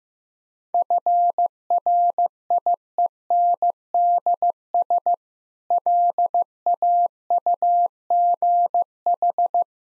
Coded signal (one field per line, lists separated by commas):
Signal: Morse code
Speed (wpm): 15 wpm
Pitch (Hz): 700 Hz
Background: none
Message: FRIENDS LAUGH